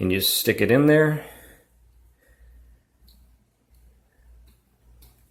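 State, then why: Not seated. Someone talks briefly while a crimped wire terminal is pushed back into an automotive harness connector housing, with its retaining clip facing the locking hole. After that, only faint, quiet handling sounds follow, and nothing has clicked or seated yet. The terminal fails to lock into the housing, and a tug pulls it back out.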